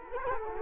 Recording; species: mosquito wingbeat signal from an infrared sensor; Culex quinquefasciatus